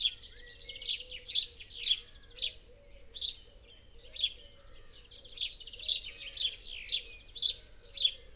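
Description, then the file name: House sparrow chirps in quick, uneven, overlapping bursts, with a faint low hum beneath. "Passer domesticus"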